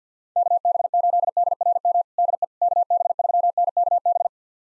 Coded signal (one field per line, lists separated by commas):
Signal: Morse code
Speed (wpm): 45 wpm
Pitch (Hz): 700 Hz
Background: none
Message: KB8DRM DE KB3NKB